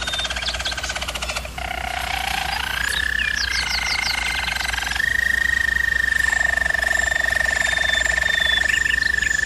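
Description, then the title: German Roller canary song: rolling trills, a burst of quick rising notes, then a long steady whistled tour held for several seconds beside a deeper roll. German Roller canary singing, for canary training. "German Roller Canary Singing - Canary Training Vid"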